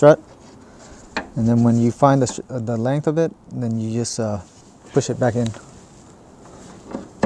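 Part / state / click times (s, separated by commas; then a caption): hood gas strut end socket onto ball stud / not seated / none. Someone talks while handling the gas hood strut on a 2004-2016 Nissan Armada, having twisted its lower end to adjust the strut's length before pushing its end socket back onto the ball stud on the body. Two brief sharp sounds come at about 1.2 s and 7.2 s amid the talking. Nothing has seated or clicked yet; the clip ends just before the socket snaps onto the stud.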